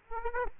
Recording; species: mosquito wingbeat signal from an infrared sensor; Aedes aegypti